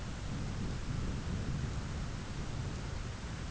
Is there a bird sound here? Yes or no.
no